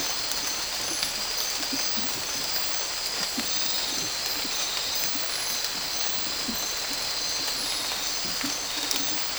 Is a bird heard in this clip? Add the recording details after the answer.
no. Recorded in dense forest near Puerto Asís, Putumayo, Colombia, on 8 March 2025 at 02:30. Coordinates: 0.467, -76.328. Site G041